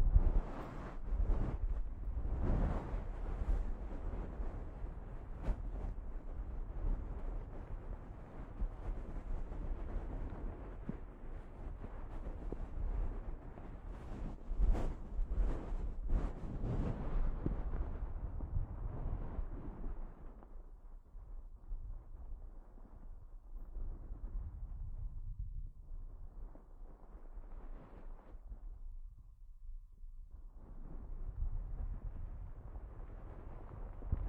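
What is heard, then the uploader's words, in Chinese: Head massage with dense, rumbling rubbing and scratching, sharp crackles near 3 and 15 seconds, then softer, patchier strokes after twenty seconds. 疗愈SPA！头部调理，深度放松。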